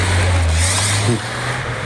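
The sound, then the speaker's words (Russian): A car engine drones with a steady low hum and broad road noise, its pitch dipping just past the midpoint as the sound eases slightly quieter, like a car pulling away. “Скажите, отец мой, а не на вашей ли машине? Они уезжают.”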